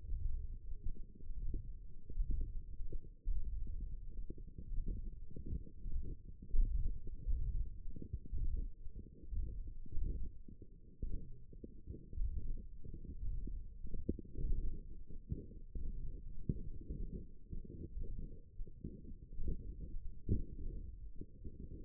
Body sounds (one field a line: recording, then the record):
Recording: forearm muscle sounds (acoustic myography)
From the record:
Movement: ulnar deviation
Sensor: system 1, eight BSWA MPA416 microphones around the upper forearm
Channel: 3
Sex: female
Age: 21 years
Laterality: right